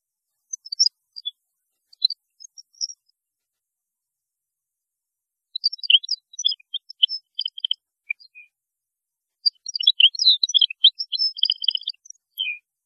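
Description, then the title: European goldfinch twittering song, a few sparse high notes at first, then two longer bursts of quick tinkling twitters with brief buzzy trills. "Chant Chardonneret"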